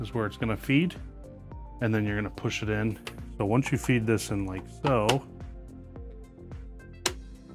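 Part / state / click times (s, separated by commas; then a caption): plastic side cover plate onto game console / seated / 7.1 s. A plastic side cover plate is fed into its slot on a game console at the triangle mark and pushed in, while someone talks over background music. It snaps into place with a sharp click at 7.1 s and sits seated and stable.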